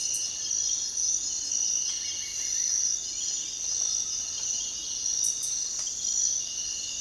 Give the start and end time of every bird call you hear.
[1.88, 2.75] bird call

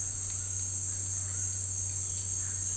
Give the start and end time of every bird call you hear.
[1.06, 2.76] bird call

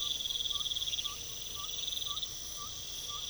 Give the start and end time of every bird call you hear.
[0.00, 3.30] bird call

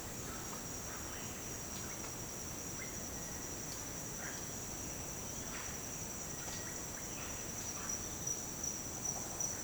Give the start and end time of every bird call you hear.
[0.17, 2.18] bird call
[2.71, 2.95] bird call
[4.14, 4.44] bird call
[5.44, 7.19] bird call

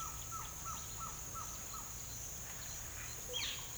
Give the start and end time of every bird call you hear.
[0.00, 1.90] bird call
[3.26, 3.66] bird call

